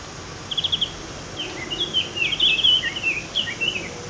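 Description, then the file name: Eurasian blackcap song opening with a brief trill, then a fast warble of varied whistled notes, with background noise. "Sylvia atricapilla"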